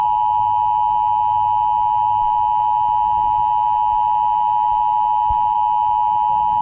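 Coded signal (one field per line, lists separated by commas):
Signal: Emergency Alert System (SAME) tones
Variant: 853 and 960 Hz attention tone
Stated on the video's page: Fictional Philippine EAS scenario about a glitch flood; simulated, not a real alert.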